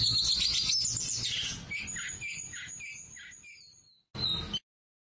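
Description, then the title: Oriental magpie-robin song: a rapid tumble of high whistles and harsh chattering notes, easing into separate short phrases, then a brief pause and one last harsh burst. "Suara Kicauan Burung Kacer"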